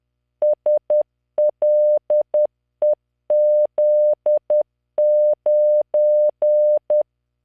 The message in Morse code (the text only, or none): SLEZ9